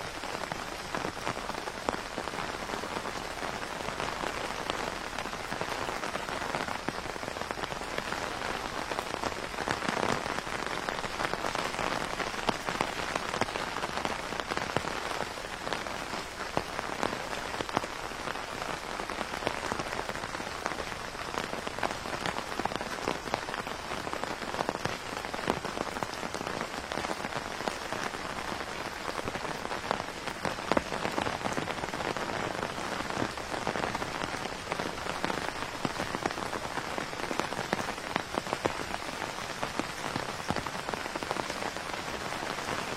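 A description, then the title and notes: Raindrops fall steadily on a tent, a dense, even patter of countless small taps. The sound stays constant for the whole stretch, bright and crackly with a soft low rumble beneath, without pauses or louder bursts. Lying comfortably in the tent, the raindrops fall on the tent.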